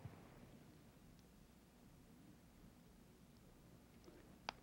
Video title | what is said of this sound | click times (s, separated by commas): Construction of an Occlusal Bite Splint | the splint should click into position | 4.5 s